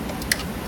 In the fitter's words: then you're gonna turn it until it clicks.